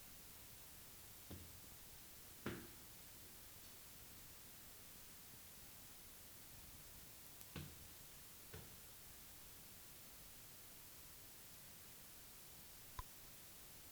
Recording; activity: daily activity, guitar pickup as the sensor; go upstairs